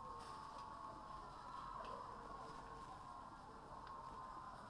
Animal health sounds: poultry house recording; healthy chickens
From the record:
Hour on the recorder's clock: 19

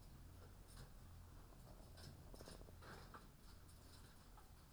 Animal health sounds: poultry house recording; sick chickens (respiratory disease)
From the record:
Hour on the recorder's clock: 9

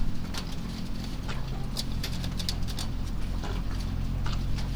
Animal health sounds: poultry house recording; sick chickens (respiratory disease)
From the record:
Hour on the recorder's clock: 1

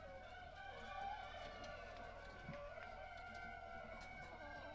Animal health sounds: poultry house recording; healthy chickens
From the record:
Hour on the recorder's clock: 18

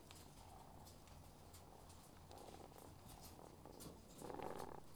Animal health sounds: poultry house recording; sick chickens (respiratory disease)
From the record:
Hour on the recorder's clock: 21

